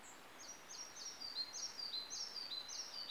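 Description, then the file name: Red-breasted flycatcher calling: high, clear whistled notes in a quick repeated series, each note sliding downward, with soft background hiss. "kis legykapo hangja"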